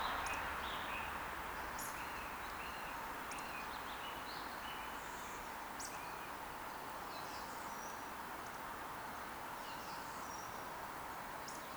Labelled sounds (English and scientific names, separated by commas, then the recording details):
Eurasian Woodcock (Scolopax rusticola) whistle
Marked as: whistle, whistle, whistle, whistle
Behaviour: display flight
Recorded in Baden-Württemberg, Germany, on 10 June 2021 at 19:43 UTC
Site 43323, 910 m above sea level